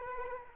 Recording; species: mosquito wingbeat signal from an infrared sensor; Culex quinquefasciatus